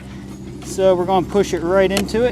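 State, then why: Not seated. Corrugated plastic drain pipe is being handled at a plastic tee coupling for an underground downspout drain; catches inside the coupling grip the pipe's ribs. Someone talks over brief handling noises, including a burst around 0.6 s. The pipe has not yet snapped into place, and nothing has seated or clicked yet.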